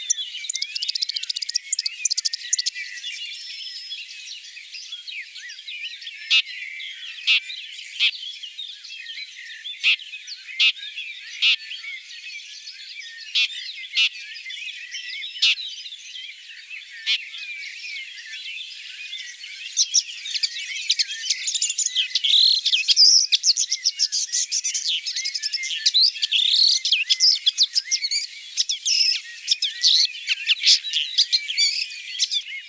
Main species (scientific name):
Lanius collurio